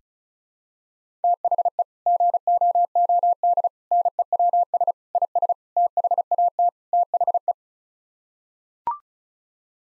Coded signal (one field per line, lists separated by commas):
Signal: Morse code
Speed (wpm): 34 wpm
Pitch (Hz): 700 Hz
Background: none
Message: THE GOOD NEWS IS THAT THE